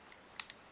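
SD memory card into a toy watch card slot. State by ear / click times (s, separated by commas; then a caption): seated / 0.4 s, 0.5 s. An SD card is pushed pins-up into the card slot of a plastic toy watch while the watch is switched off. Two sharp clicks sound at 0.4 s and 0.5 s as the card seats home, with faint ticks around them. The card is seated in the slot.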